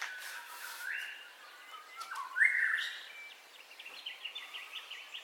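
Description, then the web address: Bird calls: rising whistled notes, one loud and sustained, followed by a run of quick, high chirps. Dawn ambience with bird calls, stereo. "Sound Effects-Foundation Updates AMBIENCE DAWN BIRDCALLS STEREO"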